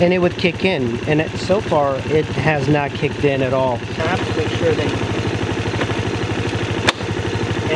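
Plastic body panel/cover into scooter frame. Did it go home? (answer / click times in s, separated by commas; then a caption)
yes / 6.9 s. Someone talks over a steady idling engine while a plastic body panel is pushed back onto the frame of a Honda SH150i scooter after a coolant change. A sharp click at 6.9 s marks the panel locking into place.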